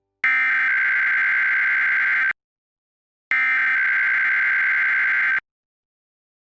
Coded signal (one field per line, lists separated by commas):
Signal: Emergency Alert System (SAME) tones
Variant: header bursts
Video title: KLRU EAS Weekly Test 1/21/21